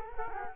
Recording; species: mosquito wingbeat signal from an infrared sensor; Culex quinquefasciatus